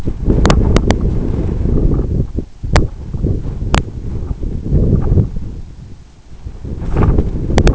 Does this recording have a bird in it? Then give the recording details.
no. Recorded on Arctic tundra, site EABA-1, on 26 June 2018. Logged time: 04:00